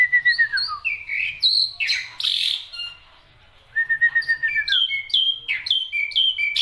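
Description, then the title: Black-winged myna song: descending whistles, harsh squawks, a short pause, then rapid repeated whistled phrases. Songbird singing densely with many variations, used as tutor song for training other songbirds. "Kicauan Rapat Jalak Putih Gacor Banyak Variasi Untuk Masteran"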